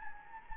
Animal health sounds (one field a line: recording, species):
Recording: mosquito wingbeat signal from an infrared sensor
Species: Anopheles gambiae